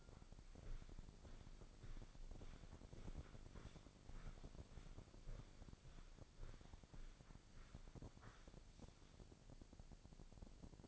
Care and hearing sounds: daily activity, microphone in the room; walk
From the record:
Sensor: 5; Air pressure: 1009.4 hPa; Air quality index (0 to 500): 147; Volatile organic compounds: 2 ppm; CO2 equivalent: 1136 ppm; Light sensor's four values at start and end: 343/817/351/393 and 342/815/350/391

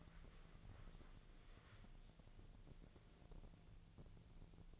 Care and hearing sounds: daily activity, microphone in the room; wipe stove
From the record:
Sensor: 4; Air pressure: 1001.3 hPa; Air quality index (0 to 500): 184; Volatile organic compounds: 2 ppm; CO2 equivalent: 1314 ppm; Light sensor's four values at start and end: 12/29/12/12 and 13/29/12/12

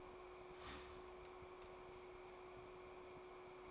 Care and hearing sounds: daily activity, microphone in the room; start toaster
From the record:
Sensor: 1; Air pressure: 1014.7 hPa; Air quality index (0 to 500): 193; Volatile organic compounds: 28 ppm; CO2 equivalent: 2917 ppm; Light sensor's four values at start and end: 4/9/3/3 and 4/9/3/3

